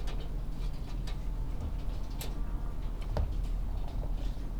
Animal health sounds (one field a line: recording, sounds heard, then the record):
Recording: poultry house recording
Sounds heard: sick chickens (respiratory disease)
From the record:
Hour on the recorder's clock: 20